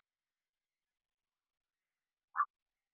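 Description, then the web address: Morelet's leaf frog giving one short, clucking note late, with silence before and after. "phyllomedusidae Agalychnis-moreletii"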